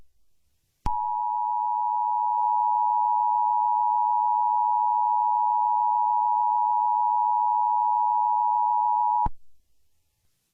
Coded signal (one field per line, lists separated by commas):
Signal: Emergency Alert System (SAME) tones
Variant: 853 and 960 Hz attention tone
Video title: (Easter Day Special) EAS Mock #2 - Easter Sniper